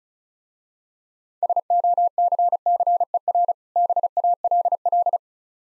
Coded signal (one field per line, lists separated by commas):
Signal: Morse code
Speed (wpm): 36 wpm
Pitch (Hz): 700 Hz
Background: none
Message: SOCCER BALL